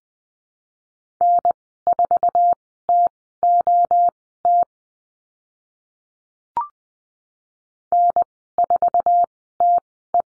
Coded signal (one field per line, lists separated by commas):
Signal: Morse code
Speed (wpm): 20 wpm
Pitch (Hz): 700 Hz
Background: none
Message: N4TOT N4TE